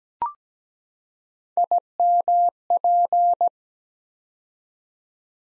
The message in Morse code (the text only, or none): IMP